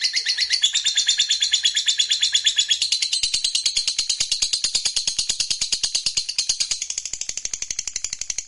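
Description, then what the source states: Lovebird song as a steady, continuous stream of rapid, rasping high-pitched chatter that runs the whole time with little change. Fighter-type lovebird singing energetically (gacor).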